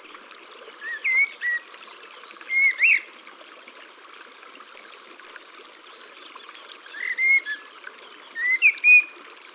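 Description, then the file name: Short-toed treecreeper sings high, quick rising phrases twice, with lower whistled chirps around them over a steady hiss. Recorded in the countryside. "Grimpereau des jardins Chants doiseaux dans la campagne"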